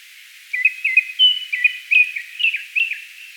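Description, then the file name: Japanese thrush song: a single lively phrase of whistled notes, some sliding up and down, lasting about three seconds. "Turdus cardis"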